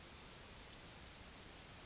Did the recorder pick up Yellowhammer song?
no